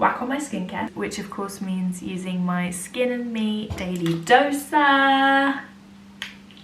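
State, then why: Seated. Someone talks, then twists the plastic top of a skincare dispenser bottle until it clicks into its dispensing position. A sharp, snap-like click sounds at 6.2 s, followed by two faint ticks just after, and the cap is seated.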